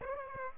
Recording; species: mosquito wingbeat signal from an infrared sensor; Aedes aegypti